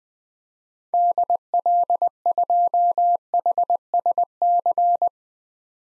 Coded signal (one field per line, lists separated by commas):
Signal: Morse code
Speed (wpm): 21 wpm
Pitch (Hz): 700 Hz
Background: none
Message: DL2HSC